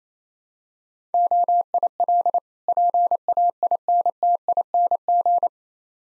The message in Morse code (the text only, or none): OIL PAINTING